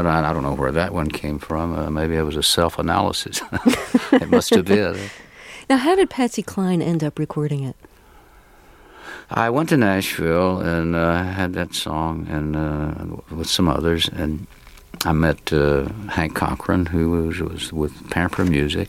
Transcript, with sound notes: I don't know where that one came from. Maybe it was a self-analysis. It must have been.
(Soundbite of laughter) Now, how did Patsy Cline end up recording it?
I went to Nashville, and I had that song, with some others, and I met Hank Cochran, who was with Pamper Music,